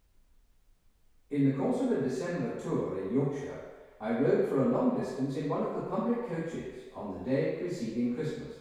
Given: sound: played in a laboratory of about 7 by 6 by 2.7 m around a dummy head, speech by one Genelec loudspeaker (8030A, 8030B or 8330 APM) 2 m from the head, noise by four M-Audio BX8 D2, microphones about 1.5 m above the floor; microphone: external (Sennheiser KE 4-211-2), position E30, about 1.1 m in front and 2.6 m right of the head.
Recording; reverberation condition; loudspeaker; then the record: male speech in English; high; in front (0 degrees)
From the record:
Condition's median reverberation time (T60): about 1300 ms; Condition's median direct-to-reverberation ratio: about -4.0 dB